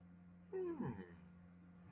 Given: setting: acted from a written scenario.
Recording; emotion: vocal sound without words; realization